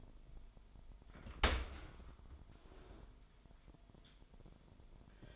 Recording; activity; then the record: daily activity, microphone in the room; open dishwasher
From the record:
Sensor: 5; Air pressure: 998.3 hPa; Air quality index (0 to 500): 88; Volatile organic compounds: 2 ppm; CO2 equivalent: 1002 ppm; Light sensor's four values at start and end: 19/45/19/21 and 19/46/19/21